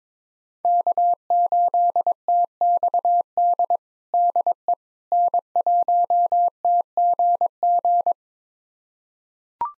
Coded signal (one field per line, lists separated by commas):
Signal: Morse code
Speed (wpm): 21 wpm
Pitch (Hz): 700 Hz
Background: none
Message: K8TXD DE N1TGG